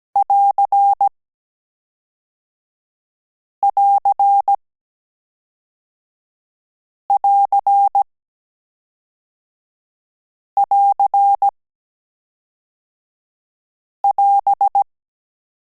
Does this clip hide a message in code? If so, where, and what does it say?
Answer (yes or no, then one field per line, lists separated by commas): yes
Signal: Morse code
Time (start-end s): 0.2-14.8 s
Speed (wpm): 17 wpm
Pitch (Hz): 800 Hz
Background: none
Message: <AR><AR><AR><AR><AS>